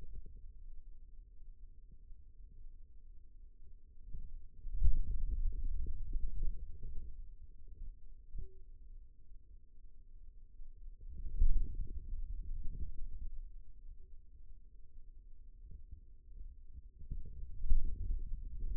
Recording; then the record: forearm muscle sounds (acoustic myography)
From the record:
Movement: pen grasping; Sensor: system 2, bracelet of six BSWA MPA416 microphones around the upper forearm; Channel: 3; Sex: male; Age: 22 years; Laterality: right